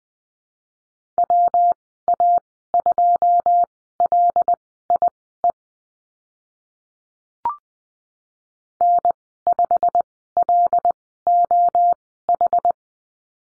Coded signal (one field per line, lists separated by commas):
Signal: Morse code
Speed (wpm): 19 wpm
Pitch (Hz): 700 Hz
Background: none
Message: WA2LIE N5LOH